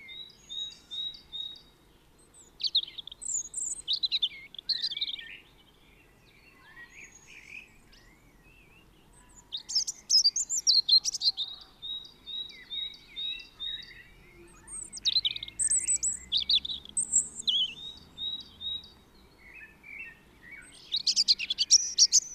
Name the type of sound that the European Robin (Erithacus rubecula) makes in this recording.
song